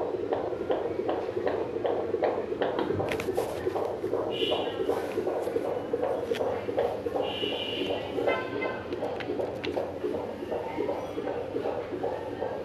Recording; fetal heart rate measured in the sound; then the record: fetal heartbeat by stethoscope microphone, probably a fetal Doppler's sound; 158 bpm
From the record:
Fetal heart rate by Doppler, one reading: 150 bpm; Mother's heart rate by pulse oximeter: 100 bpm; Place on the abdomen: middle bottom of abdomen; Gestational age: 36+ weeks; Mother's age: 26 years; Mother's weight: 72 kg